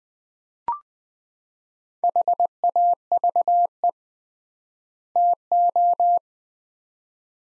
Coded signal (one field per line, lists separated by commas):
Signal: Morse code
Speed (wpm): 20 wpm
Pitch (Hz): 700 Hz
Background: none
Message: HAVE TO